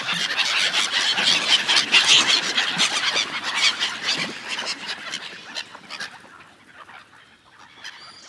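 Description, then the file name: Gulls giving loud shrill squeals in a dense chorus that thins out and grows quieter over the second half. Several gulls. "seagulls"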